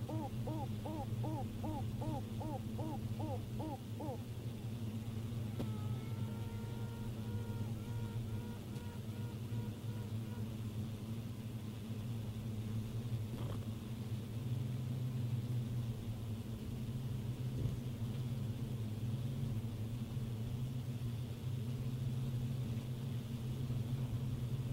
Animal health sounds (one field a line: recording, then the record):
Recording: honeybee colony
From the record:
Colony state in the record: pre-swarm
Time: day